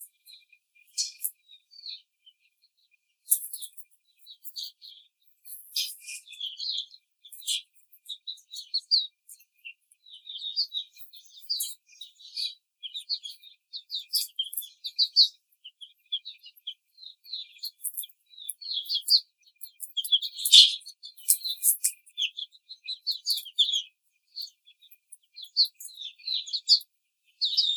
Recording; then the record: young laying hens in a cage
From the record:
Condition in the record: treatment cage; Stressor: simulated dog barking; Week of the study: 5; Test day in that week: 1